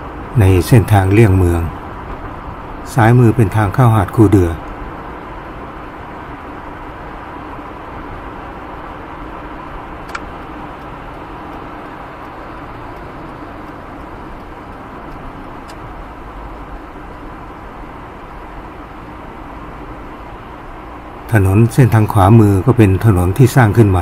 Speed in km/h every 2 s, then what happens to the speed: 70, 70, 70, 69, 68, 67, 66, 65, 65, 65, 67, 68.
0-24 steady at about 67.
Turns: none.